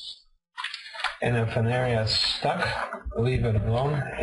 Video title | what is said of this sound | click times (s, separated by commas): HP Pavilion G7 Notebook Screen Replacement Procedure | listen for snapping sounds. Snapping sounds are good. That means the screen is snapping off. | 0.6 s, 0.7 s, 1.0 s